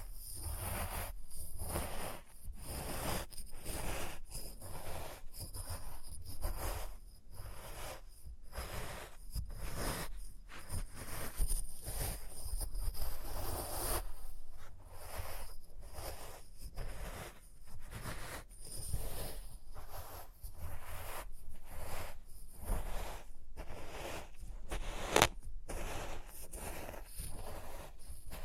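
Experimental triggers in test tubes: dense, busy scraping and rustling with quick irregular taps, fairly steady throughout, plus one sharp click near 25 seconds.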